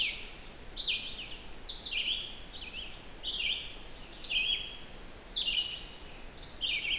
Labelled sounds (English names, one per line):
Red-eyed Vireo song